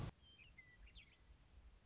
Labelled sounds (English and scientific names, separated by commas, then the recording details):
Western Meadowlark (Sturnella neglecta)
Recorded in Sonoma County, California